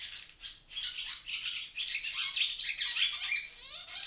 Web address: ixoi Stavloxelidono